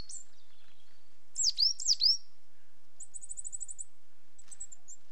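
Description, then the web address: Coal tit, two high swooping notes followed by a short rapid thin trill and a few faint high calls. Two pairs displaying. "BBC Sound Effects Library. Coal Tits"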